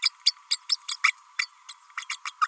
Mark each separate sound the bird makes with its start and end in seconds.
0.02-0.11, 0.26-0.33, 0.50-0.58, 0.69-0.77, 0.88-0.96, 1.03-1.12, 1.38-1.48, 1.68-1.73, 1.97-2.05, 2.09-2.16, 2.25-2.32, 2.41-2.47